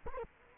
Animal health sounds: mosquito wingbeat signal from an infrared sensor; Culex quinquefasciatus

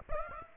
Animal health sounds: mosquito wingbeat signal from an infrared sensor; Aedes aegypti

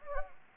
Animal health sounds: mosquito wingbeat signal from an infrared sensor; Anopheles gambiae

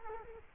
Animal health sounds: mosquito wingbeat signal from an infrared sensor; Culex quinquefasciatus

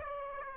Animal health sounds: mosquito wingbeat signal from an infrared sensor; Aedes aegypti

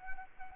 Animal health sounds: mosquito wingbeat signal from an infrared sensor; Anopheles arabiensis

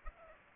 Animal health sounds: mosquito wingbeat signal from an infrared sensor; Aedes aegypti

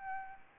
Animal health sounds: mosquito wingbeat signal from an infrared sensor; Aedes albopictus

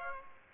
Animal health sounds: mosquito wingbeat signal from an infrared sensor; Aedes aegypti

